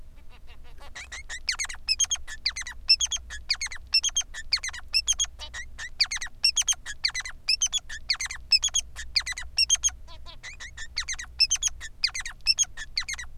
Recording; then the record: song of a male Bengalese finch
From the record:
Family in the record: son of father 3